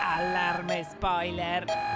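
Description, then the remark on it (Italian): A loud electronic alarm used as a spoiler warning sounds for about two seconds, its rich harmonic tone holding steady and then wavering up and down like a siren, with brief breaks between bursts and no talking. “Allarme spoiler!”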